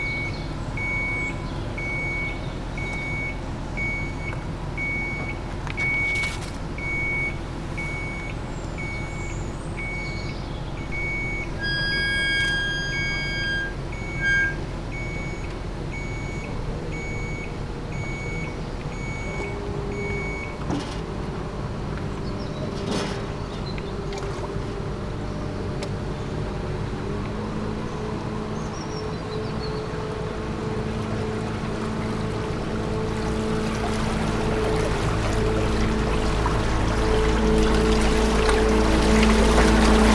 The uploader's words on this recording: Canal de Garonne: Rusted Lock. Recorded at the lock of the Canal de Garonne (France), close to Moissac.